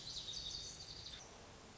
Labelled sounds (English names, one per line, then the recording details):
Lazuli Bunting
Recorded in Sonoma County, California